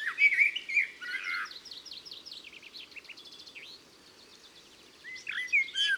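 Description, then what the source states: Common blackbird singing fluty warbled phrases followed by high twittering notes, a short lull, then another phrase. Isère, France.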